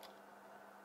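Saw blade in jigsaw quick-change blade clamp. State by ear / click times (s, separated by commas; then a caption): released / 0.0 s. The lever of the tool-free quick-change blade clamp on a Bosch GST 18V-Li S cordless jigsaw is slid sideways, and the spring-loaded clamp lets go and pushes the metal saw blade out. A single short tick is heard at 0.03 s over a steady low hum and background noise. The blade is released from the clamp.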